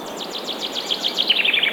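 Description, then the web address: Bird song: a quick series of high, sharply falling chirps that speeds up and grows stronger toward the end, over faint background hiss. Singing forest birds. "مجموعه افکت صدا حیوانات SES Animals SFX Singing Forest Birds"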